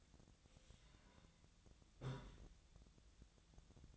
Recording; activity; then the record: daily activity, microphone in the room; take from stove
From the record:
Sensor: 3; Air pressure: 1009.9 hPa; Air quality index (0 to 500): 189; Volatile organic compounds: 14 ppm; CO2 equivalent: 2460 ppm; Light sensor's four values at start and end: 41/103/44/47 and 41/103/44/47